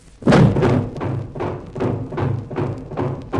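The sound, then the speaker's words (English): Heavy steel shutters slam and rattle down over all the doors and windows in a rapid series of loud, low thuds and clanks, about eight in a row in a steady rhythm, with no voices. “Hey, we're trapped! Steel shutters over all the doors and windows.”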